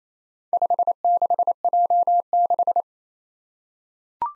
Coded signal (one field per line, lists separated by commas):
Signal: Morse code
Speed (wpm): 27 wpm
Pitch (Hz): 700 Hz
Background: none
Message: 56J6